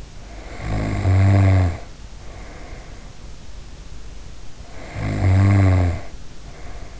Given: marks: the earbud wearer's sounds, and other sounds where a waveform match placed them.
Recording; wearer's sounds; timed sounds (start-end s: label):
sounds in sleep by an in-ear microphone; snoring breath
0.09-3.26 s: snoring breath
4.61-7.00 s: snoring breath